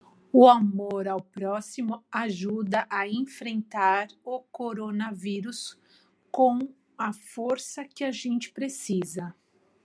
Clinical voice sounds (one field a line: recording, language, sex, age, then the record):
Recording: spoken sentence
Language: Brazilian Portuguese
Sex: female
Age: 40 to 49 years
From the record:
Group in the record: control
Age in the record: 48 years